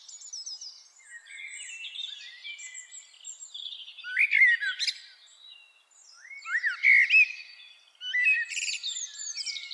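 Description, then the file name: Common blackbird song with high twittering and scratchy notes, a few louder whistled phrases breaking through at intervals. "Turdus merula"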